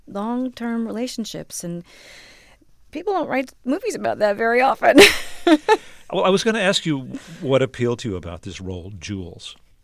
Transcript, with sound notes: long-term relationships. And people don't write movies about that very often.
(LAUGHTER)
Well, I was going to ask you would appeal to you about this role, Jules.